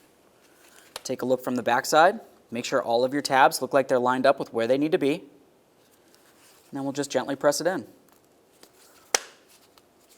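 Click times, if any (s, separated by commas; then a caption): 9.1 s. A new plastic fog light cover on a 2012-2017 Toyota Camry is lined up by its tabs and gently pressed into the front bumper opening while someone talks. After the talking stops, one sharp, loud click is heard at 9.2 s as the cover snaps into place and seats.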